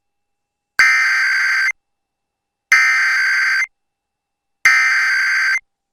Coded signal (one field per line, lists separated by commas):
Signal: Emergency Alert System (SAME) tones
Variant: header bursts